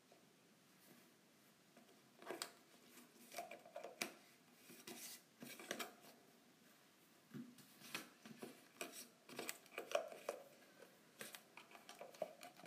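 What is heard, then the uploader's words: A lid is unscrewed in short bursts of bright scraping twists, irregular and repeated every second or so, with quiet pauses between. ASMR Lid Unscrewing.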